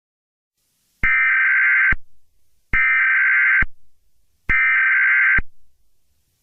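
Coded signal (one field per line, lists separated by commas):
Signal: Emergency Alert System (SAME) tones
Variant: header bursts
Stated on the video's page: Fictional EAS scenario that the page says has valid tones.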